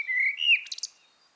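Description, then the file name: Common blackbird giving one brief fluted whistle that ends in a quick high twitter. "Turdus merula"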